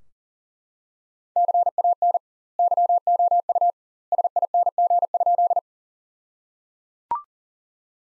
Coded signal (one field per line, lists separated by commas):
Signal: Morse code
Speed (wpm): 37 wpm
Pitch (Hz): 700 Hz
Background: none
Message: CAN YOU SING?